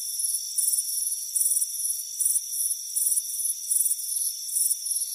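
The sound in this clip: Chirping crickets, each burst a quick rattling pulse, alternating loud and soft over a high steady trill.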